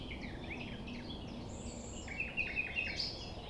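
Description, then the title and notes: Common nightingale phrase of four clear repeated piping notes in even succession, after scattered chirps from other birds, over a low continuous rumble. Recorded at 6 a.m. at sunrise near the Thève river at Champ de Ménage; the nightingale sings amid other sounds rather than waiting for silence. "6 A.M. Lever du soleil non loin de la Thève au Champ de Ménage. Le rossignol n'attend pas le silence."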